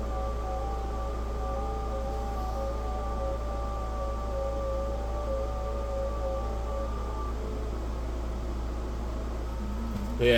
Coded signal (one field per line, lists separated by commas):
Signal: FT8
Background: speech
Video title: 10m ham radio ft8 working great